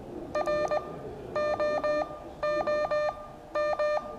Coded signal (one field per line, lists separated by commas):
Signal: Morse code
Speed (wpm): 19 wpm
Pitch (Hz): 600 Hz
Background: music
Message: ROOM